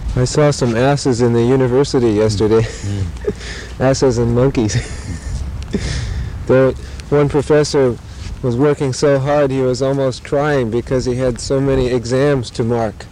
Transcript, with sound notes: I saw some asses in the university yesterday. [laughs] Asses and monkeys. One professor was working so hard he was almost crying, because he had so many exams to mark.